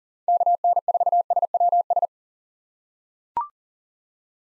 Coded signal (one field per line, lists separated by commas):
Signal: Morse code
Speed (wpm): 37 wpm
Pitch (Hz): 700 Hz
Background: none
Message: KN4SWS